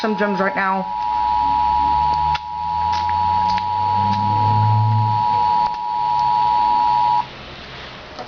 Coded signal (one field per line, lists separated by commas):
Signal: Emergency Alert System (SAME) tones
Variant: 853 and 960 Hz attention tone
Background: speech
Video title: Real EAS Alert #36 - Severe Thunderstorm Warning